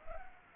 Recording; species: mosquito wingbeat signal from an infrared sensor; Culex pipiens